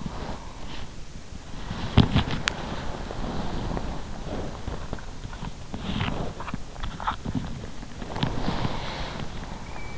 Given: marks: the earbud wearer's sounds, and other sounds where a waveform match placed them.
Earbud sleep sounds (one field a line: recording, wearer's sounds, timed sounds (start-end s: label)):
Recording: sounds in sleep by an in-ear microphone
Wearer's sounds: breath, body movement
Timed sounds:
0.00-0.93 s: breath
2.22-9.12 s: body movement